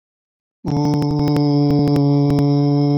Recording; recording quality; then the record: sustained vowel as in boot; moderate, slight background noise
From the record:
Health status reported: COVID-19 positive, no symptoms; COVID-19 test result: positive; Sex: male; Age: 23 years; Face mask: not worn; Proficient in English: yes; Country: India